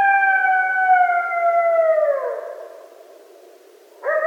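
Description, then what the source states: Coyote howl: a long, sustained, siren-like tone that slowly falls in pitch and fades, followed by the sudden start of a new rising call. Several coyotes recorded at night on 13 November 2012.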